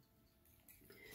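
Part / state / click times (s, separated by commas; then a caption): plastic leg panel closing into a transforming robot figure's thigh / seated / 0.7 s. A plastic leg panel on a transforming Siege Megatron action figure is closed into the thigh after the thigh is rotated. Over low handling noise, a single sharp snap is heard at 0.7 s, followed by light plastic rustling. The leg section seats firmly and closes up sound.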